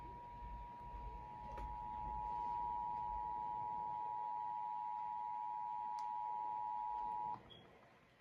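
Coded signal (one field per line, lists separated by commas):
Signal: Emergency Alert System (SAME) tones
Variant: 853 and 960 Hz attention tone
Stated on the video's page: Pennsylvania Required Monthly Test EAS tones as relayed by local TV stations and Comcast cable.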